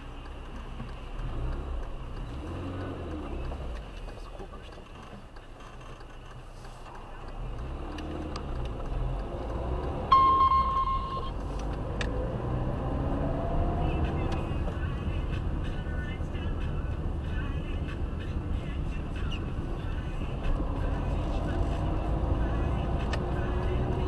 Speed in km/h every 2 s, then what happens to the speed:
3, 2, 2, 0, 0, 19, 22, 31, 29, 30, 27, 36.
1-8 standing. 8-14 pulls away to 31. 14-20 steady at about 29. 20-24 speeds up to 36.